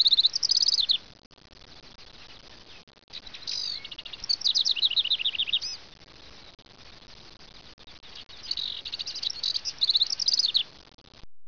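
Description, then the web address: Bird calling in several rapid runs of thin, squeaky chirps, with steady background hiss between the bursts. Eastern Washington; calls described as squeaky. "eastern-washington animals birds Squeaky"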